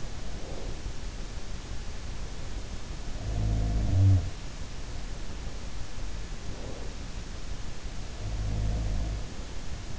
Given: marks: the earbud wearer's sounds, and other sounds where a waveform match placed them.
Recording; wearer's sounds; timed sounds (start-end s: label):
sounds in sleep by an in-ear microphone; breath
0.00-1.00 s: breath
2.87-4.58 s: sound from someone else or the room
6.07-7.27 s: breath
8.37-9.99 s: sound from someone else or the room